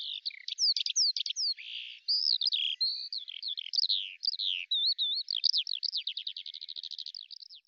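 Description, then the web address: Bird singing a rapid, varied warble of high chirps and slurred whistles, ending in a fast series of repeated notes, with a clean quiet background. "Deverinetal 2025 File cleaned normalized Bird Al Ar"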